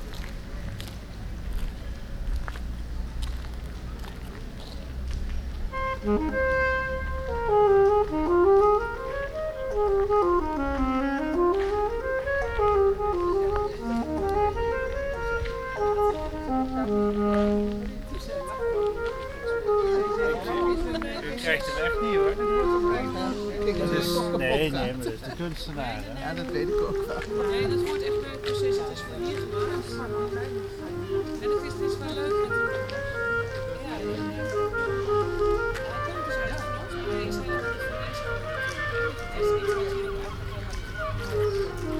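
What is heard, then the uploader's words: Walking through an open-air sculpture exhibition, a busy outdoor murmur with a low traffic rumble, as a melodic tune with rising and falling notes plays throughout. Walking through Den Haag Sculptuur The Hague Sculpture - Lange Voorhout. Walking through Den Haag Sculptuur (The Hague Sculpture), An annual open air art exhibition.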